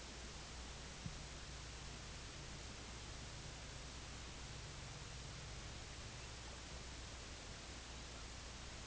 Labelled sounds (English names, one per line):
unidentified sound
American Golden-plover